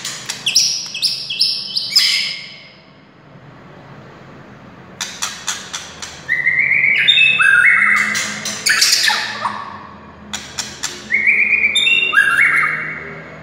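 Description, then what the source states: White-rumped shama song: bursts of high whistles and clicks, a quiet gap of about two seconds, then sharp rising and falling whistled phrases. Wild, native forest bird.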